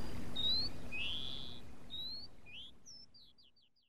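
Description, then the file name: Pied bushchat song phrase of bright whistled notes and a slurred upward note, then quick repeated chips fading away. "suara terapi burung decu"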